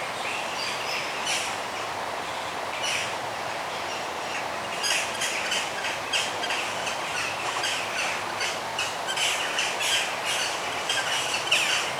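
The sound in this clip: Birds chirping, sparse at first, then a denser run of repeated high tweets over a steady noisy hiss.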